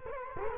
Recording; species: mosquito wingbeat signal from an infrared sensor; Culex quinquefasciatus